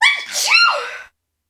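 A single adult sneeze.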